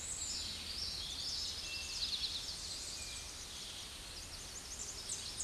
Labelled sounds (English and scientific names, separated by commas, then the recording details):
Tennessee Warbler (Leiothlypis peregrina) song
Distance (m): 40 m
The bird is about 10 m above the microphone
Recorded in a Pennsylvania forest on 16 May 2024 at 07:45
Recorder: AudioMoth, point MSD-0521
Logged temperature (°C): 15.8 °C
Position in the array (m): 80 m, 72 m